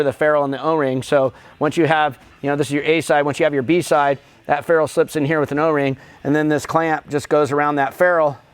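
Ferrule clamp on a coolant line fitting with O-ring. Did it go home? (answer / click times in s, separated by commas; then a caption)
no / none. A man talks while a metal clamp is handled around a ferrule joint with an O-ring on a coolant line fitting, the B side slipping into the A side. Only speech is heard. Nothing has seated or clicked yet; the clamp has not closed.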